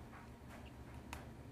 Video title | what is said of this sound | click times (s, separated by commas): SwitchEasy Bonds case for the iPhone 5 | Now, once you've installed that, it does actually snap into place | 1.1 s